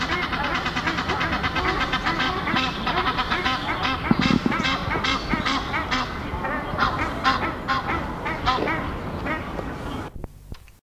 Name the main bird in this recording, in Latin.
Tadorna ferruginea